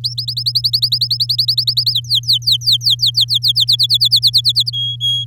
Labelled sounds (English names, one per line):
Domestic Canary song